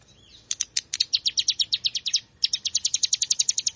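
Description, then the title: Plain prinia song: a steady, fast train of sharp, high chirps, with one short break midway before the even series resumes. "Ciblek Sawah"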